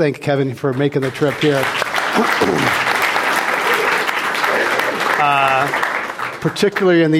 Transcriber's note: applause